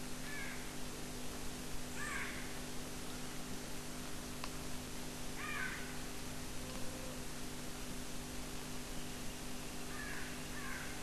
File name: Orange-headed Thrush